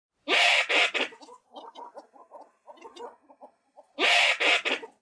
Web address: tomoegamo